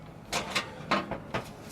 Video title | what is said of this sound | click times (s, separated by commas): 73 Volkswagen Squareback Resto: Part 1 - Intro | Why are you not latching correctly? | none